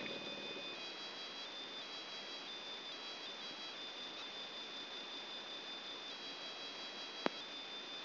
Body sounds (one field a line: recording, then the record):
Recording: brain microelectrode recording played as sound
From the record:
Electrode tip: outside the subthalamic nucleus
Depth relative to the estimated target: -6 mm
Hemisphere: left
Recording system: AlphaMap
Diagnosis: Parkinson's disease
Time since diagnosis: 11 years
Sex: male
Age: 50 years